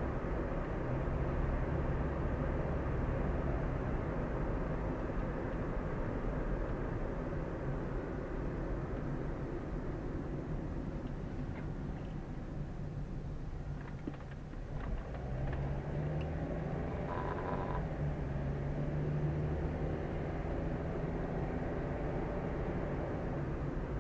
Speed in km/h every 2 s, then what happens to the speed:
53, 54, 53, 48, 40, 27, 16, 13, 21, 29, 35, 40.
3-13 brakes to 13. 14-24 speeds up to 40.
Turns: none.